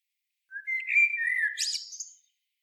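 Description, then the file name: Common blackbird delivering one phrase: a rising whistled note, a low rolling warble, then a thin high twittering ending. "Turdus merula"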